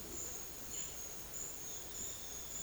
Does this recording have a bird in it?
no